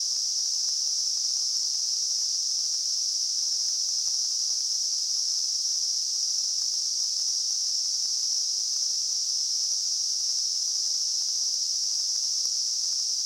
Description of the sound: Tinnitus.